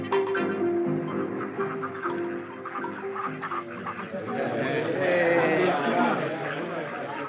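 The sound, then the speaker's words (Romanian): A steady chorus of ducks quacking at a village pond, nasal calls overlapping and growing busier and louder toward the end, with a voice mixed in among them. “Și așa precum v-am spus, priviți, rațele stau toate într-un picior.”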